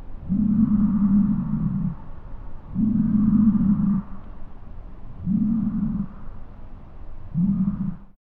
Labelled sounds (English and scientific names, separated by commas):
American Bison (Bison bison)